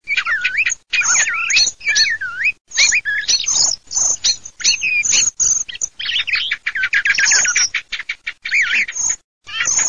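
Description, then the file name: Thrush song made of varied, rapid whistled and warbling phrases, looping up and down, broken by brief silent gaps between bursts. "TORDO"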